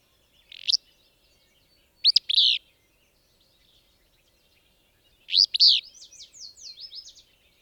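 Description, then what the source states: Willow Flycatcher song: a single buzzy note, then two sneezy two-part phrases, followed by a soft trill at the end. Same individual as a previous recording, recorded at a range of about 20 feet.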